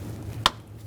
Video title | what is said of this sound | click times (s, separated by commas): How to Replace Power Steering Pump 2007-2013 Chevrolet Silverado 1500 5.3L V8 | press it in you hear a click give it a little tug trying to remove it it should not slide out of place | 0.5 s